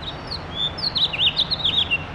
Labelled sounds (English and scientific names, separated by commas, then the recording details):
House Finch (Haemorhous mexicanus) song
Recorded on Long Island, New York, on 7 June 2011
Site MV
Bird A